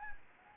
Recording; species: mosquito wingbeat signal from an infrared sensor; Anopheles gambiae